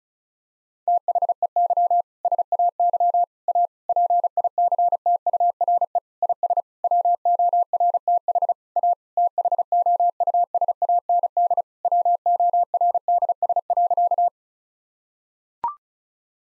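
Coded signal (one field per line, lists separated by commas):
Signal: Morse code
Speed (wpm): 36 wpm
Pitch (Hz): 700 Hz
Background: none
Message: THEY SAY A PICTURE IS WORTH A THOUSAND WORDS.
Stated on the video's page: Morse practice at 35 wpm: sentences with common seven-word phrases, sent twice for head-copy training.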